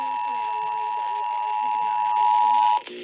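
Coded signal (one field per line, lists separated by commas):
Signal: Emergency Alert System (SAME) tones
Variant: 853 and 960 Hz attention tone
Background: speech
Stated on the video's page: Tornado Warning EAS alert received on FM radio.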